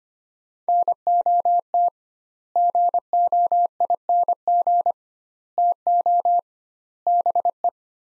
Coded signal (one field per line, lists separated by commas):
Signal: Morse code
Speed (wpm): 25 wpm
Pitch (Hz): 700 Hz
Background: none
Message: NOT GOING TO BE